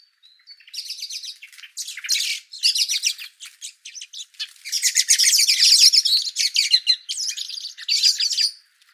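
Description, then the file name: Common blackbird calls, rapid high chattering bursts in uneven runs, growing denser and louder midway before stopping at the end. "Turdus merula"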